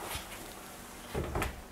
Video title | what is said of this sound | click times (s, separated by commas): Установка мансардного окна, подробная инструкция и монтаж | разворачиваю створку на 180 градусов и слышим щелчок | 1.3 s, 1.4 s